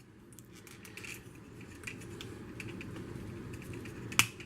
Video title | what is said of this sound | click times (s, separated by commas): Transformers Generations BRAINSTORM - Video Review | and then that kind of Clips clicks into place I don't know if you heard that little click there | 4.2 s